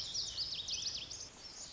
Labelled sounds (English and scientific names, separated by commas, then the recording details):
Lazuli Bunting (Passerina amoena)
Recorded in Sonoma County, California